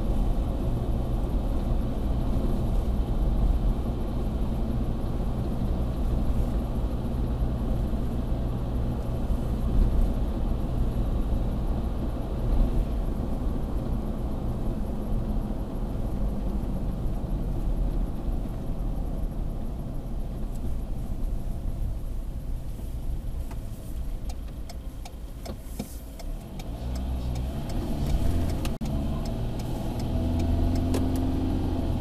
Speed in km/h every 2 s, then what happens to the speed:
57, 58, 58, 58, 58, 58, 58, 51, 45, 35, 26, 17, 9, 15, 22, 33.
0-13 steady at about 58. 13-24 brakes to 9. 25-32 speeds up to 33.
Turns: 18-27.